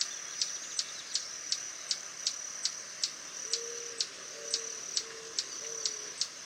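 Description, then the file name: Swallow-tailed hummingbird calls as regular, high, sharp ticks over a constant shrill hum, with a few low whistled notes in the second half. "Canto do beija flor tesoura"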